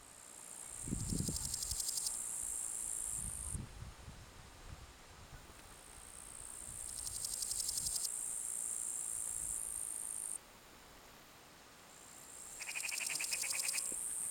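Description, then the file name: Eurasian magpie giving harsh, rapid chattering rattles in three bursts, each lasting about a second, over a high insect hum that comes and goes. "Pica pica"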